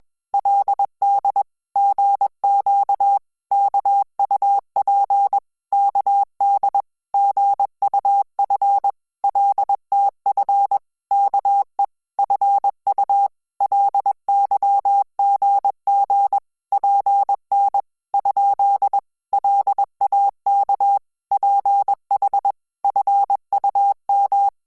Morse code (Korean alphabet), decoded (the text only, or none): 그 새 잊 으 신 건 아 니 겠 죠 ? 공 주 님